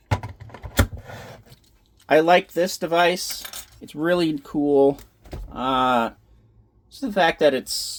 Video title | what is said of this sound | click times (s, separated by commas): Device Lot 1 - Vid 3 of 5 | Then you turn, hear it pop, and you're done. | 0.8 s